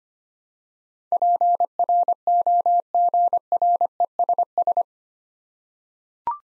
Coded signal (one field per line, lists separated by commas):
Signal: Morse code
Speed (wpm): 25 wpm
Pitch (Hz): 700 Hz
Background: none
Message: PROGRESS